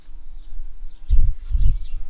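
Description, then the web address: Bumblebee buzzing as a low, droning hum that swells in two short bursts over a faint steady background hum. Worker garden bumblebees. "Hortorum workers"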